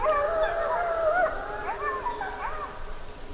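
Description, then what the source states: Wolf pack howling, several overlapping wavering tones that rise and fall, one voice sliding down before others break into short bending notes. A pack howling together.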